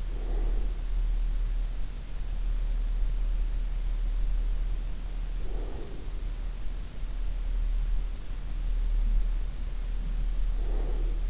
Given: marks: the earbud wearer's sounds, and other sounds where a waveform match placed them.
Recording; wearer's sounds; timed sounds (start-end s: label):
sounds in sleep by an in-ear microphone; breath
0.00-0.74 s: breath
5.26-6.27 s: breath
9.84-11.30 s: breath